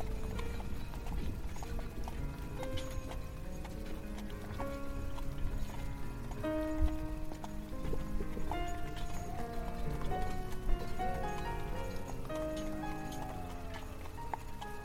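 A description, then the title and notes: A horse-drawn carriage rolls along with a steady clip-clop of hooves and a constant low rumble underneath. Faraway classical music plays throughout, its sustained melodic notes rising and falling over the even, unbroken noise of the ride. Carriage ride through the woods on the way to the castle. Classical music played from faraway. Carriage/ horse snort.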